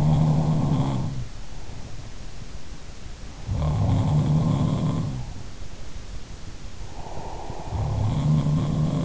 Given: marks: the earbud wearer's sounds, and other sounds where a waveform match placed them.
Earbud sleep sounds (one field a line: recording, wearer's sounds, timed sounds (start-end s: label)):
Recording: sounds in sleep by an in-ear microphone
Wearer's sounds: breath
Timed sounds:
0.00-2.07 s: breath
3.26-5.52 s: sound from someone else or the room
3.74-5.52 s: breath
6.78-8.78 s: breath
7.69-9.05 s: sound from someone else or the room